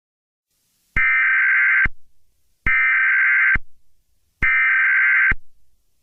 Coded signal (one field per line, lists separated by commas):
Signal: Emergency Alert System (SAME) tones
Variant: header bursts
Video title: EAS Scenario #7: Great Terror Attack of The 🇬🇧.